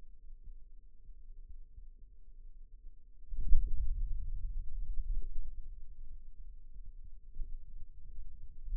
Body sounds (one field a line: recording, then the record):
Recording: forearm muscle sounds (acoustic myography)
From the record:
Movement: hand opening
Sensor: system 2, bracelet of six BSWA MPA416 microphones around the upper forearm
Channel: 2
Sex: male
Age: 22 years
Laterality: right